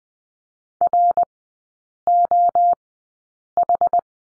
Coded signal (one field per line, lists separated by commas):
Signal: Morse code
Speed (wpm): 20 wpm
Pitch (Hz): 700 Hz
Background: none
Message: ROH